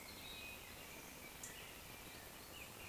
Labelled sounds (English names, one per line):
Eurasian Woodcock